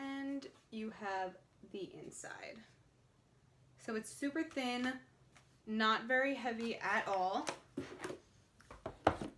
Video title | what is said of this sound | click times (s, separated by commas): IPAD AIR 4 UNBOXING + Accessories | the ipad just clicks | 9.1 s